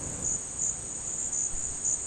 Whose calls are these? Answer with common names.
none